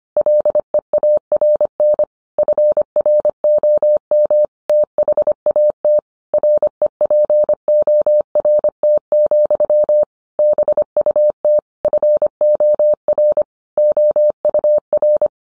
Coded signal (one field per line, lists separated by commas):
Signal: Morse code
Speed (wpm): 25 wpm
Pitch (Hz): 600 Hz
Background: none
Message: LEARN FROM THAT REPORT, BUT FOR OUR